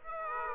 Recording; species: mosquito wingbeat signal from an infrared sensor; Aedes aegypti